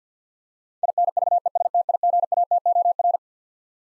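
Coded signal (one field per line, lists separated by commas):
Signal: Morse code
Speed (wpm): 49 wpm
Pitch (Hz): 700 Hz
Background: none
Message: INVESTIGATOR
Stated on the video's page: Twelve-letter words sent at 50 wpm for head-copy practice, each word sent, then spoken, then sent again.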